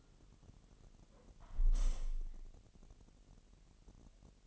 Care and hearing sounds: daily activity, microphone in the room; close window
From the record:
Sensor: 4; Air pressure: 1000.8 hPa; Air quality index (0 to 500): 244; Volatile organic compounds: 41 ppm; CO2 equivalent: 3170 ppm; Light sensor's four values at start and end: 9/21/8/8 and 9/20/8/7

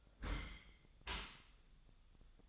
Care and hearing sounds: daily activity, microphone in the room; close dishwasher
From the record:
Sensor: 3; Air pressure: 1004.8 hPa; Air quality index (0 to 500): 98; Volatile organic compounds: 3 ppm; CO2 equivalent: 1529 ppm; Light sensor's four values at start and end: 7/17/7/7 and 7/17/7/7

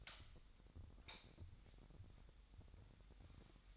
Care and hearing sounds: daily activity, microphone in the room; light on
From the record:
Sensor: 3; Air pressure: 1011.9 hPa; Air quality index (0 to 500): 228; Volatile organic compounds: 4 ppm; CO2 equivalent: 1691 ppm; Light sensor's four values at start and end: 14/34/14/15 and 17/42/18/18

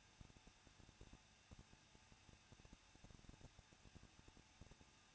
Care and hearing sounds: daily activity, microphone in the room; no activity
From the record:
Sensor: 2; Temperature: 21.0 degrees Celsius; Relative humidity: 37.4%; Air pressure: 1006.2 hPa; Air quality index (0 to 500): 222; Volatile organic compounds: 24 ppm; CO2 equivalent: 2813 ppm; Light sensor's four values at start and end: 2/3/2/2 and 2/3/2/2

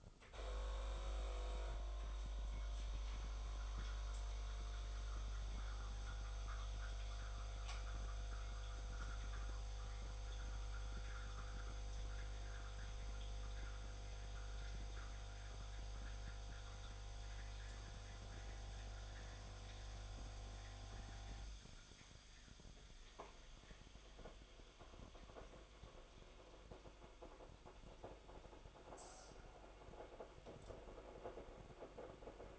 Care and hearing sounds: daily activity, microphone in the room; make coffee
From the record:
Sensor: 5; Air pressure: 995.2 hPa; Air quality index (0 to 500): 99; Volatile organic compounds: 6 ppm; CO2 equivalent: 1868 ppm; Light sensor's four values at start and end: 25/60/24/23 and 24/59/23/23

